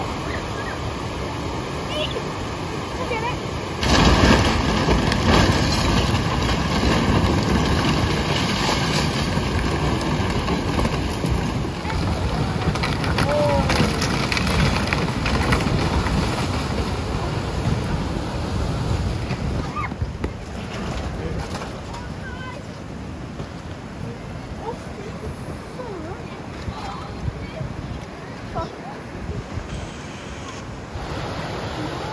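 Floodwaters roar in a dense, steady rush with no pauses. The sound surges louder around four seconds and stays heavy, with scattered sharp knocks and scraping bursts between about twelve and twenty seconds, then eases slightly but keeps churning to the end.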